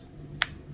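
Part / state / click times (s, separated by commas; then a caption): retractable charging cable into its storage case / seated / 0.4 s. A Portronics Snapcase 2 multi-connector retractable charging cable is pulled and released, retracting back into its plastic case. It snaps into its slot with one sharp click at 0.4 s over a low background hum, and the cable is seated.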